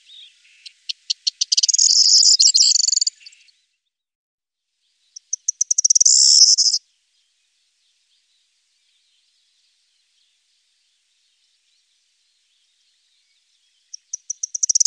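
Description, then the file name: Corn bunting song: a few separate ticking notes speeding up into a dry, jangling, high buzzy rattle one to two seconds long, given twice, with a third starting at the end. "Grauammer"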